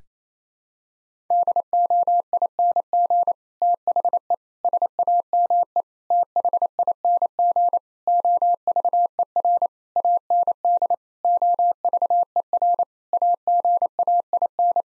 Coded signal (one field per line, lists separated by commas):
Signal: Morse code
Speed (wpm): 27 wpm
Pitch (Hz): 700 Hz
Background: none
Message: DOING THE SAME THING OVER AND OVER AGAIN